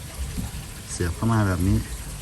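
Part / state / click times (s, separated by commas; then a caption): wiper blade adapter onto wiper arm hook / not seated / none. A plastic wiper blade adapter is handled on the hook of a Vios wiper arm while someone talks over a low background hum. The lock tab has not yet been pressed, and nothing has seated or clicked yet.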